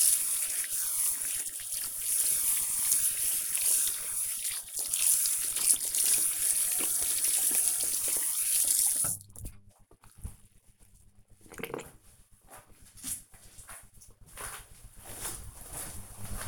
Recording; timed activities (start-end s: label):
household activities, microphone on the right wrist
0.00-9.83 s: washing hands